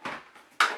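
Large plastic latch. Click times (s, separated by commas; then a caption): 0.6 s. A release button is pressed on a Dyson AM10 humidifier, and its plastic loop amplifier pops off the base unit. A softer, muffled handling sound comes first, then a sharp, bright click at 0.6 s marks the loop coming free. The loop is released.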